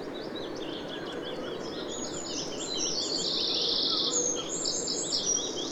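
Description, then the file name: Eurasian wren song, a fast high run of trills and chattering notes that builds in the middle, heard over steady loud rushing background noise. "Troglodytes troglodytes"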